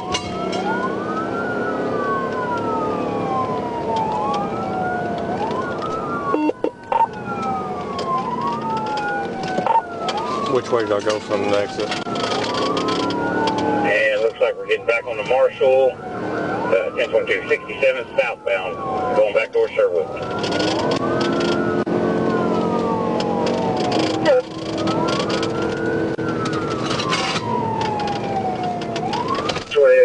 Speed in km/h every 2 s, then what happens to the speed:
90, 95, 98, 95, 77, 87, 100, 97, 98, 101, 114, 124, 127, 106, 81.
0-4 speeds up to 98. 4-9 brakes to 77. 9-12 speeds up to 100. 12-17 steady at about 98. 17-24 speeds up to 127. 24-30 brakes to 81.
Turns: none.